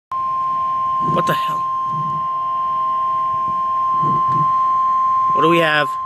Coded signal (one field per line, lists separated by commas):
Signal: Emergency Alert System (SAME) tones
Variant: 1050 Hz attention tone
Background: speech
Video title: THE THUNDERSTORMS ARE A COMING!!! EAS Catch S1 E4: Severe Thunderstorm Warning (4/17/19) [EAS #4]